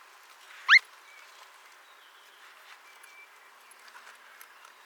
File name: Marco Dragonetti - Avdotka Burhinus oedicnemus